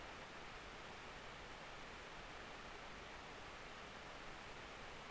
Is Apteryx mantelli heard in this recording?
no